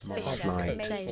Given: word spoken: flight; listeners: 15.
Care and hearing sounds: one English word in noise, from a listening test; four-talker babble; 0.4 dB; 1 of 15; 7 of 15; 0.72 s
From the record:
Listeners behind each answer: 7, 2, 1, 1, 1, 1, 1, 1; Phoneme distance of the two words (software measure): 17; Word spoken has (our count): 1 syllable, 4 phonemes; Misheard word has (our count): 1 syllable, 3 phonemes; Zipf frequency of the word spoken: 4.58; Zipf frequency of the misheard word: 5.80

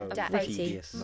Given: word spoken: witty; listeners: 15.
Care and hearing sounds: one English word in noise, from a listening test; four-talker babble; -1.1 dB; 2 of 15; 6 of 15; 0.64 s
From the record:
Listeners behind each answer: 6, 2, 2, 1, 1, 1, 1, 1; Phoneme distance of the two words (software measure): 41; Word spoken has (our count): 2 syllables, 4 phonemes, stress on syllable 1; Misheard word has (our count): 2 syllables, 5 phonemes, stress on syllable 2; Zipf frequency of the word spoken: 3.38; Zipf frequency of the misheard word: 3.82

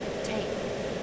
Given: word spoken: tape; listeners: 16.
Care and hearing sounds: one English word in noise, from a listening test; speech-shaped noise; -5.8 dB; 6 of 16; 8 of 16; 0.63 s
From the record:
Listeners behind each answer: 8, 6, 1, 1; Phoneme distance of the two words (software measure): 10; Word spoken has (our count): 1 syllable, 3 phonemes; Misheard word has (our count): 1 syllable, 3 phonemes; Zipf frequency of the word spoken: 4.34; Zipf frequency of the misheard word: 6.08

